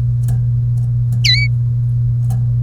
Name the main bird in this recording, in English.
Domestic Canary